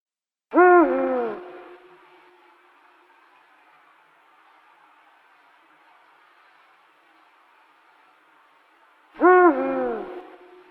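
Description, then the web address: Eurasian eagle-owl hooting: two deep, harmonic, downslurred hoots about eight seconds apart, each trailing into a long echoing decay, with quiet background between. "washimimisuku washimimisukuno sheng"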